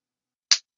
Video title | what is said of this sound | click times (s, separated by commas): Pro-Tech TR3 Operator: Designed to Get In, Get Out, Leave No Trace! | when you hit that, man, it just flies right out there. It's such a satisfying click. | 0.5 s